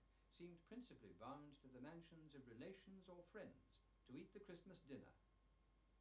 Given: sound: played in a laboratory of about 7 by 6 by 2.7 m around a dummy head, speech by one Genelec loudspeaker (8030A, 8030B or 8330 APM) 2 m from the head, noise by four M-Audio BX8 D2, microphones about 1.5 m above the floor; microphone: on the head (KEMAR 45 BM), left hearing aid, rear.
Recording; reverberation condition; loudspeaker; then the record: male speech in English; low; 150 degrees to the right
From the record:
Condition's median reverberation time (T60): about 310 ms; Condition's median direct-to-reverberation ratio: about 3.5 dB